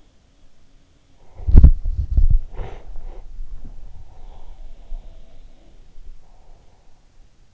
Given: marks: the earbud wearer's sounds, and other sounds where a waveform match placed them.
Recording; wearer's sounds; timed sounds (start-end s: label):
sounds in sleep by an in-ear microphone; body movement, breath
1.02-6.92 s: body movement
2.45-3.34 s: breath
3.79-6.66 s: sound from someone else or the room